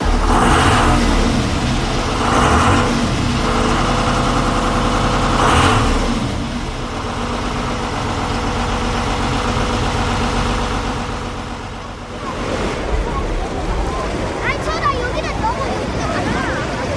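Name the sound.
motorboat engine idling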